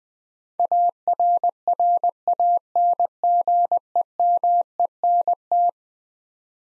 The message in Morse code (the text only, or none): ARRANGEMENT